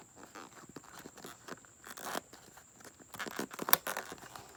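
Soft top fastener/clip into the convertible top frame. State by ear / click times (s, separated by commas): seated / 3.7 s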